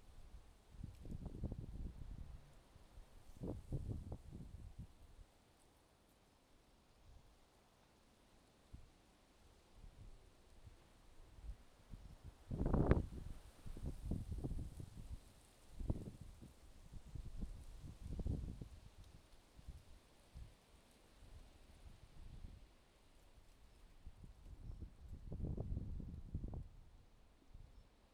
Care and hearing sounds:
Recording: everyday scene through a hearing-aid microphone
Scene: wind on the microphone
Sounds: wind, traffic, birds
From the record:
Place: suburban garden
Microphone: in the ear canal, left

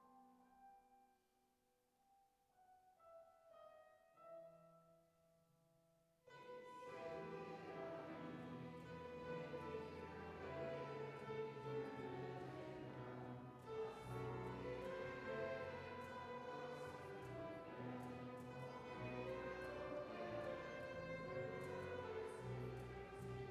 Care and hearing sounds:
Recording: everyday scene through a hearing-aid microphone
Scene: reverberant space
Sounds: music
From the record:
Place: church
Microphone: behind the ear, right, rear

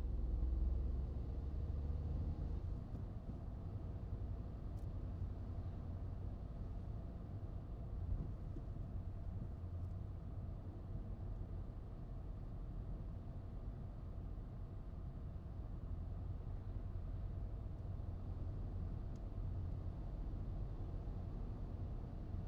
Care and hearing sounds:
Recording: everyday scene through a hearing-aid microphone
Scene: in a vehicle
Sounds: engine, highway driving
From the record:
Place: Skoda Fabia, gasoline engine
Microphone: in the ear canal, right

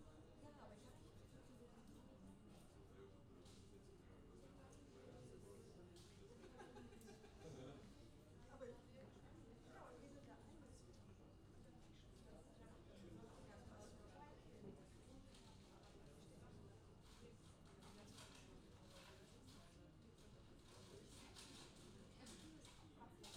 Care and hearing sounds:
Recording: everyday scene through a hearing-aid microphone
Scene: many people talking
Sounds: many voices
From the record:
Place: university cafeteria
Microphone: in the ear canal, left

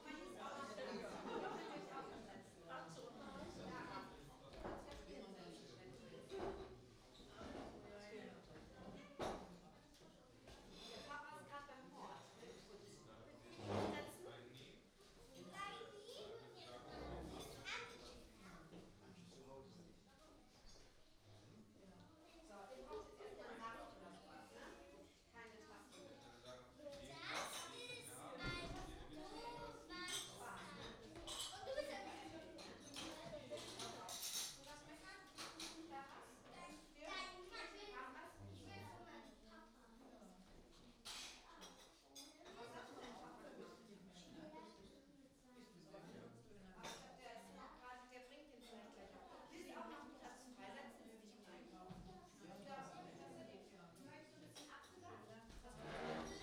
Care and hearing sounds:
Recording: everyday scene through a hearing-aid microphone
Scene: many people talking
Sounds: many voices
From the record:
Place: parish hall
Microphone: in the ear canal, right

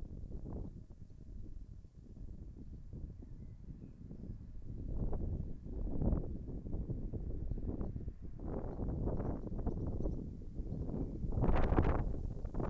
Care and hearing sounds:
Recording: everyday scene through a hearing-aid microphone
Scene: wind on the microphone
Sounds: wind, birds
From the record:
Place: in front of a rural house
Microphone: behind the ear, left, front

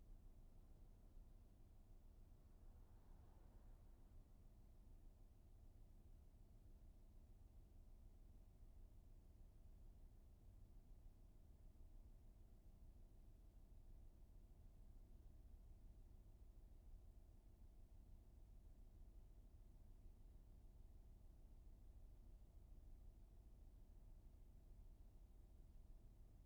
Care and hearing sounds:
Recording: everyday scene through a hearing-aid microphone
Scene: in a vehicle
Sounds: engine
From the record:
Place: VW T5 Caravelle, diesel engine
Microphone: behind the ear, right, front

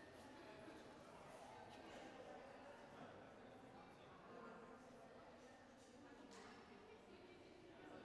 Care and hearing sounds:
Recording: everyday scene through a hearing-aid microphone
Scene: reverberant space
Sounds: background noise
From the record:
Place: railway station hall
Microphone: behind the ear, right, front

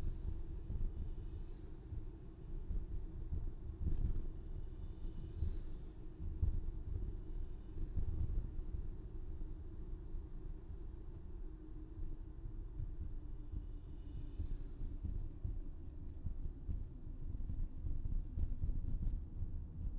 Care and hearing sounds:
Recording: everyday scene through a hearing-aid microphone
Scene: in a vehicle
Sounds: engine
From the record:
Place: VW T5 Caravelle, diesel engine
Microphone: in the ear canal, left

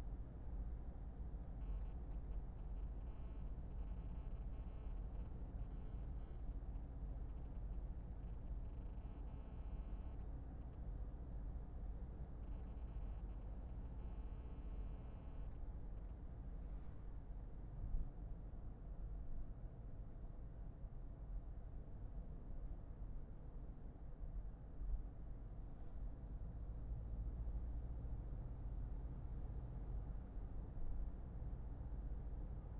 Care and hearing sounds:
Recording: everyday scene through a hearing-aid microphone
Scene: in a vehicle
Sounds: engine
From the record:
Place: Berlingo II, diesel engine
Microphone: behind the ear, left, rear

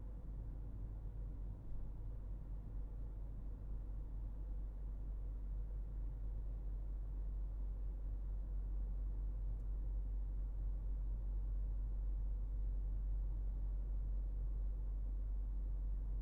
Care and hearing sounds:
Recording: everyday scene through a hearing-aid microphone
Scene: in a vehicle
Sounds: engine, highway driving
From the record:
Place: Berlingo II, diesel engine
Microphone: behind the ear, right, front

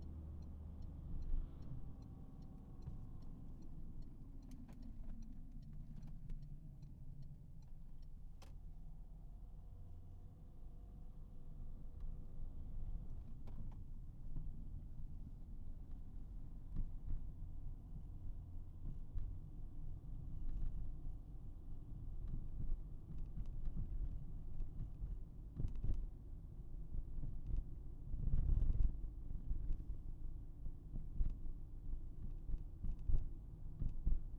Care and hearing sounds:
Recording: everyday scene through a hearing-aid microphone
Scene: in a vehicle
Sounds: engine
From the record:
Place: Berlingo II, diesel engine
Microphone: behind the ear, right, rear

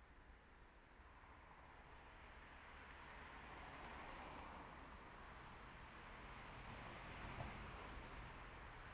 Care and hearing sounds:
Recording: everyday scene through a hearing-aid microphone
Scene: in traffic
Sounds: traffic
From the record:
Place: main road on the outskirts, rush hour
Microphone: behind the ear, left, front

